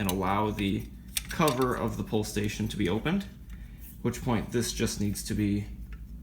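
Someone talks while handling a vintage Faraday 10123 fire alarm pull station, its cover opened with the reset key, as the spring-loaded metal pull handle is about to be pushed back into its reset position in the housing. Faint handling ticks are heard under the speech, including a brief tick near 5.9 s. Nothing has seated or clicked yet; the handle has not gone home by the end.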